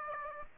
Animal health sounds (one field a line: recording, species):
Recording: mosquito wingbeat signal from an infrared sensor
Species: Aedes aegypti